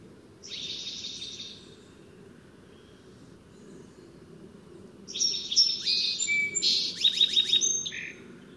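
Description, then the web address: Song sparrow song: a faint buzzy phrase early on, then a louder, fuller song of clipped notes, buzzes and a fast trill, over a low background hiss. Song sparrow song, North America. "Songs of Birds of North America. Song Sparrow"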